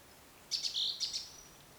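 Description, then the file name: Great tit giving a single short burst of high, sharp call notes, then quiet. "Parus major"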